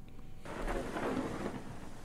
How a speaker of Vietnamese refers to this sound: Hôm đưa cụ ra đồng, trời đang nắng, tự nhiên mây đen kéo kín trời. Rồi sấm sét nổi lên ầm ầm, cho đến khi trời đổ mưa.